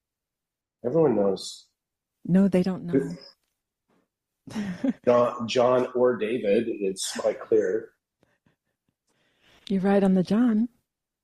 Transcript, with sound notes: Everyone knows.
No, they don't know (laughs) .
Uh, not John or David. It's quite clear.
You're right on the John.